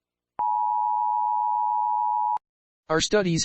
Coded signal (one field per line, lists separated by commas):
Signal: Emergency Alert System (SAME) tones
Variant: 853 and 960 Hz attention tone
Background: speech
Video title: The Planet Program - EAS | Analog Horror